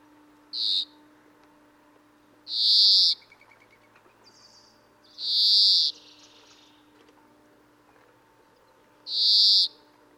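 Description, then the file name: European greenfinch repeating nasal buzzy wheezes, one short and three longer, every few seconds over a steady faint humming tone. "Chloris chloris"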